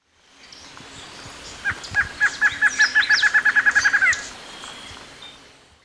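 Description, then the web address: Lined antshrike song, a fast accelerating string of roughly fifteen nasal notes finishing in an upslurred note, softer bird calls behind. Ecuador. "Natures Songs S America Birds of Ecuador 25 Lined Antshrike"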